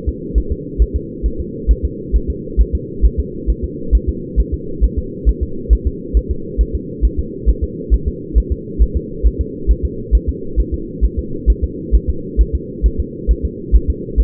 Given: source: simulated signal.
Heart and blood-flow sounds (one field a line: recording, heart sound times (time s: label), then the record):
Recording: fetal heart sounds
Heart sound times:
0.08 s: S2
0.38 s: S1
0.52 s: S2
0.82 s: S1
0.96 s: S2
1.26 s: S1
1.40 s: S2
1.71 s: S1
1.85 s: S2
2.16 s: S1
2.30 s: S2
2.61 s: S1
2.75 s: S2
3.05 s: S1
3.20 s: S2
3.50 s: S1
3.64 s: S2
3.95 s: S1
4.09 s: S2
4.40 s: S1
4.54 s: S2
4.84 s: S1
4.98 s: S2
5.29 s: S1
5.43 s: S2
5.73 s: S1
5.87 s: S2
6.17 s: S1
6.31 s: S2
6.61 s: S1
6.75 s: S2
7.05 s: S1
7.19 s: S2
7.49 s: S1
7.64 s: S2
7.94 s: S1
8.08 s: S2
8.38 s: S1
8.52 s: S2
8.82 s: S1
8.97 s: S2
9.27 s: S1
9.41 s: S2
9.71 s: S1
9.85 s: S2
10.15 s: S1
10.29 s: S2
10.60 s: S1
10.74 s: S2
11.05 s: S1
11.19 s: S2
11.50 s: S1
11.64 s: S2
11.95 s: S1
12.09 s: S2
12.41 s: S1
12.55 s: S2
12.86 s: S1
13.00 s: S2
13.31 s: S1
13.45 s: S2
13.76 s: S1
13.90 s: S2
14.20 s: S1
From the record:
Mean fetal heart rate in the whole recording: 135 bpm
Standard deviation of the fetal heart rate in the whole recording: 3 bpm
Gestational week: 34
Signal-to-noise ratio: -4.3 dB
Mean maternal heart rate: 72 bpm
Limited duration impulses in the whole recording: absent